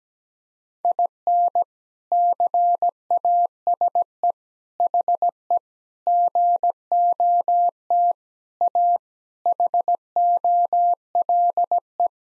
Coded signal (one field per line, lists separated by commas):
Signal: Morse code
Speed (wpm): 17 wpm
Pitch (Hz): 700 Hz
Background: none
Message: IN CASE HE GOT A HOLE